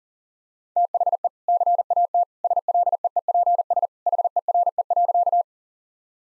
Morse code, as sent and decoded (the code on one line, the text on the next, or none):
- .... . / -.-. .- - / ... .-.. . . .--. ... / .... . .-. . .-.-.-
THE CAT SLEEPS HERE.